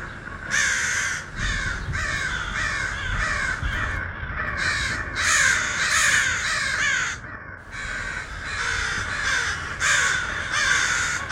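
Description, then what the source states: Crows caw constantly, rough raspy calls from several birds crowding over one another. A flock of crows.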